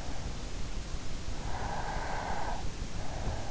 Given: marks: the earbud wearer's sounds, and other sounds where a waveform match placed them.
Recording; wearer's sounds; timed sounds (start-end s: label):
sounds in sleep by an in-ear microphone; breath
1.30-3.02 s: breath